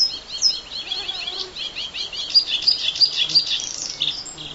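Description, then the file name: Bluethroat song, a fast tumbling stream of varied high notes and sharp chirps. Black-faced bunting and dusky warbler songs in background. "L svecica-song backgr-E spod-Ph fusc-songs"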